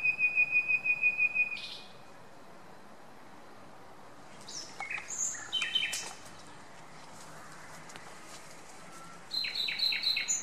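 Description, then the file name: Common nightingale opening with a run of loud repeated pure whistles, then scattered varied notes, and finally a quick series of swooping, repeated whistles. "Luscinia megarhynchos"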